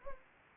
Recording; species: mosquito wingbeat signal from an infrared sensor; Anopheles gambiae